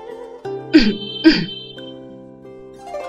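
Two short, dry coughs in quick succession, each a sharp raspy burst, heard over a steady sustained tonal background with no talking.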